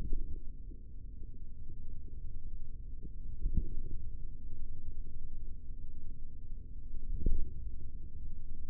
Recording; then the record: forearm muscle sounds (acoustic myography)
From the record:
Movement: finger pinch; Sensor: system 3, bracelet of six PUI Audio POM-2738L microphones around the upper forearm, with dedicated amplification and filtering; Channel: 6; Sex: male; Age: 43 years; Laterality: right